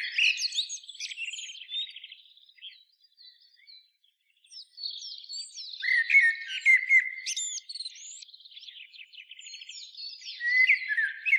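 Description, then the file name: Common blackbird in continuous song, with mellow warbled phrases mixed with scratchy, squeaky high twittering and brief quieter gaps. "Turdus merula"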